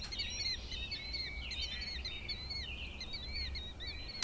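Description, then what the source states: Killdeer giving a stream of high, slurred, wavering calls over a constant low rumble of background noise. Date given as 4-5-08.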